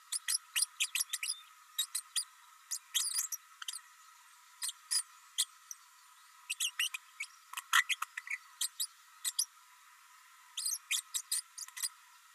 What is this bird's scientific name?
Forpus passerinus